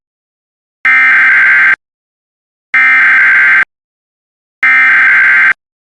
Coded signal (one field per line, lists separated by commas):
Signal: Emergency Alert System (SAME) tones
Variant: header bursts